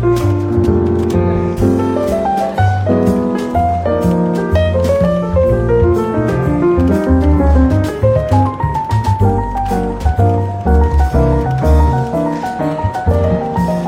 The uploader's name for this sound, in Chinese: 伦敦书店咖啡馆轻微喧闹氛围与柔和轻松的爵士背景音乐